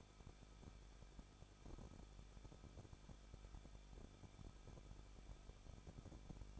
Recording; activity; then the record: daily activity, microphone in the room; no activity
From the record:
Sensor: 5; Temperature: 20.9 degrees Celsius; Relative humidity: 38.2%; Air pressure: 1006.4 hPa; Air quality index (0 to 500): 188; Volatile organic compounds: 18 ppm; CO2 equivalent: 2638 ppm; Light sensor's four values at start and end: 2/3/1/1 and 2/3/1/1